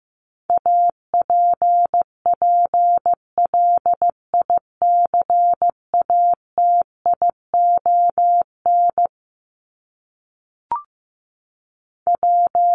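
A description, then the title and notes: A steady pure tone sent in Morse code, keyed on and off in short and long beeps at a mid pitch. The pattern runs briskly for about nine seconds, then pauses with a single brief click near eleven seconds before the beeps resume at the end. Top 1001-1250 Words 15wpm. First, the word is sent in Morse code. Finally, it is sent again in More code.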